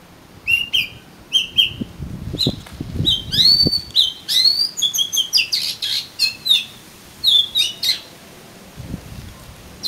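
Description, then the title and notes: Oriental magpie-robin delivering level whistles then quickening into sweeping, varied phrases, with some low knocking noises partway through. "suara kacer. kumpulan suara burung kacer"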